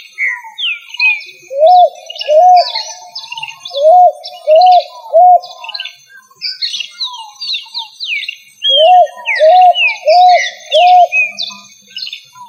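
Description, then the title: Pigeon giving clusters of two to four arched hoots with pauses between, over constant busy twittering and chirps from other birds. "ColumbidaePomba"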